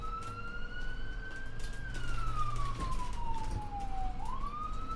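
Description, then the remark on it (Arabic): An ambulance siren wails in a long, slowly falling tone that dips low and then sweeps back up, loud and steady over a low traffic rumble, as the ambulance arrives at night around 1:40 with its lights on. “وبعد وقت وجيز بما يناسب خطورة الموقف، حوالي 1:40 وصلت سيارة الإسعاف، وأضواؤها وسرينتها تمزق أرجاء الليل الصامت.”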